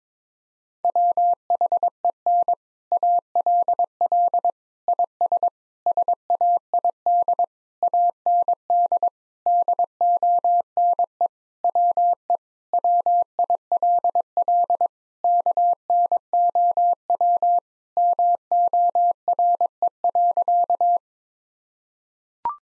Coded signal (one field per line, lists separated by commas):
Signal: Morse code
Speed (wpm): 22 wpm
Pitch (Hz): 700 Hz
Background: none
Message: WHEN ALL IS SAID AND DONE WE WILL KNOW MORE.